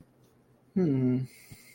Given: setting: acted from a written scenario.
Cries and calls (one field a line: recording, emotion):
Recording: vocal sound without words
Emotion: desire